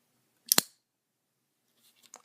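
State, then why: Seated. A folding knife with a Ganzo G-lock style lock is deployed, and the G-lock bar in the handle engages the blade with two sharp, close metallic clicks at 0.5 s and 0.6 s, seating the blade in place. After a quiet pause, a few faint, small clicks follow near 2.1 s.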